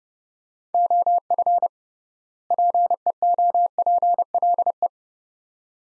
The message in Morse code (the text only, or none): OF PEOPLE